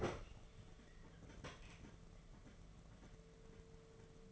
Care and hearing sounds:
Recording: daily activity, microphone in the room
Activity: open fridge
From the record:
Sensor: 4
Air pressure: 1015.8 hPa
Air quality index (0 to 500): 191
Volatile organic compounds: 10 ppm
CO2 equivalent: 2198 ppm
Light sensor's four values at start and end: 11/25/10/10 and 7/16/6/7

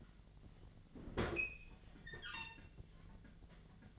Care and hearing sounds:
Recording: daily activity, microphone in the room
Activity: open fridge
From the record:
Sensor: 4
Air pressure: 1010.6 hPa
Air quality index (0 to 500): 175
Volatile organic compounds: 5 ppm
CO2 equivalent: 1781 ppm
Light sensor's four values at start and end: 34/100/40/40 and 29/86/34/34

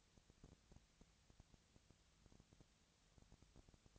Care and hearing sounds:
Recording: daily activity, microphone in the room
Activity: no activity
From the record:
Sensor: 3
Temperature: 20.4 degrees Celsius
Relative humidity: 34.4%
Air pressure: 997.0 hPa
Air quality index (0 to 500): 205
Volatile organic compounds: 68 ppm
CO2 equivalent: 3498 ppm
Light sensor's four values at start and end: 2/3/2/2 and 2/3/2/2

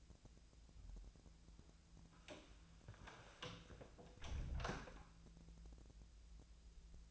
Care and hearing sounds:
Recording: daily activity, microphone in the room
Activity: close door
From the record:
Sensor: 2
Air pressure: 1000.3 hPa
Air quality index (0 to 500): 164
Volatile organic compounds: 3 ppm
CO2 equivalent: 1363 ppm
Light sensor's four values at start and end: 10/24/10/11 and 10/23/10/10

